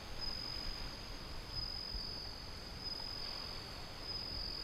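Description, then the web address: Bell cricket song: a few bright, high ringing bursts, cutting through heavy rushing wind and wave sound. Windy, with ocean sound. "windy scape osean sound suzumushi"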